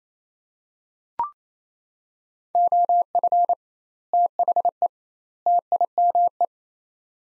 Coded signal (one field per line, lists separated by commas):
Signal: Morse code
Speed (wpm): 27 wpm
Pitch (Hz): 700 Hz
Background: none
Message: OF THE TIME